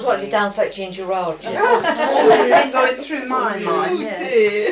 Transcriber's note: general laughter